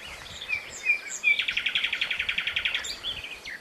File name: Luscinia megarhynchos